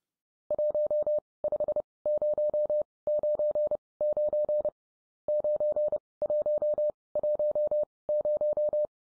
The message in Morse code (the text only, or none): 15099 9110